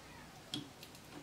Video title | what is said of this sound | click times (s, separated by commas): Geeetech A20 3D Printer. Assembly | I need to push that through until it clicks. | 0.5 s